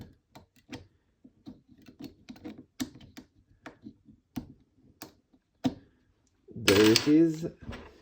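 A spring-loaded internal part is being handled in the receiver of a KC02-VSS model rifle, pushed down against its spring with a tool so it can lock into place. Light scattered taps and scrapes are heard throughout, with sharper ticks around 2.8, 3.7, 5.0 and 5.7 seconds, and someone talks loudly near the end. Nothing has seated or clicked into place yet.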